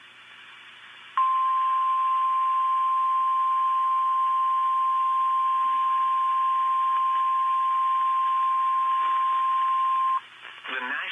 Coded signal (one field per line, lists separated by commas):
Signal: Emergency Alert System (SAME) tones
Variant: 1050 Hz attention tone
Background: speech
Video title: EAS 1231 SVR NWS Twin Cities